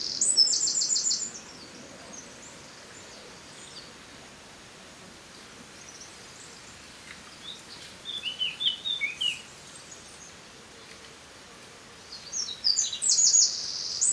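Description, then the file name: Eurasian wren song: rapid, very high-pitched trilled bursts at the start and end, with a lower, shorter rattling phrase in the middle, over steady faint background hiss. "Troglodytes troglodytes"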